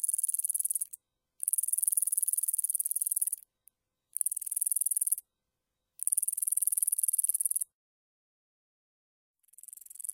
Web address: Crickets and Katydids. Roundwinged Katydid, Amblycorypha rotundifolia